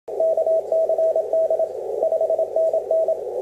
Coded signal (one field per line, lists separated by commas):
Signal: Morse code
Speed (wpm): 27 wpm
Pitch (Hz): 650 Hz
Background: none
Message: KCD 5NN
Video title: XT2TT 6m CW 22/02/2013